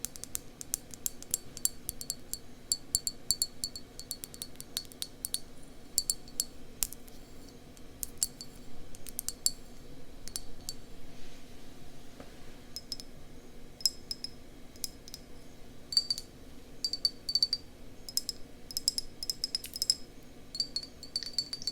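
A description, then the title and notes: Tapping and scratching on an ear, with rapid, irregular bright clicks and scrapes over a steady low hum throughout, busiest near the end. Ear Tapping & Scratching.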